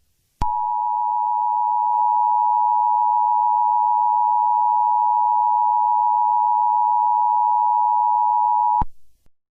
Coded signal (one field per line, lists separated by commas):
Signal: Emergency Alert System (SAME) tones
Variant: 853 and 960 Hz attention tone